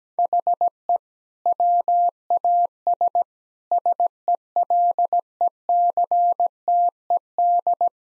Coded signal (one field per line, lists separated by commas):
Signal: Morse code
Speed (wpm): 17 wpm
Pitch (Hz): 700 Hz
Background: none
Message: HE WAS SELECTED